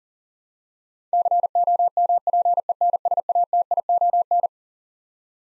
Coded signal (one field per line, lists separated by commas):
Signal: Morse code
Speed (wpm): 40 wpm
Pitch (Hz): 700 Hz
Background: none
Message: COMPENSATION